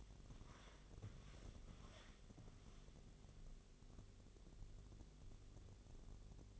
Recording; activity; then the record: daily activity, microphone in the room; walk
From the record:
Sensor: 4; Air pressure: 1001.3 hPa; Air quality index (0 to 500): 170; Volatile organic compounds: 2 ppm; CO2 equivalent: 1224 ppm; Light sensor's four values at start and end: 13/31/12/12 and 13/31/12/12